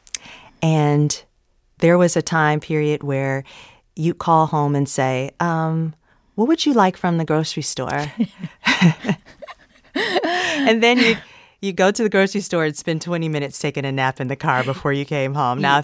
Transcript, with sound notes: And there was a time period where you'd call home and say, what would you like from the grocery store?
(LAUGHTER)
And then you'd go to the grocery store and spend 20 minutes taking a nap in the car before you came home.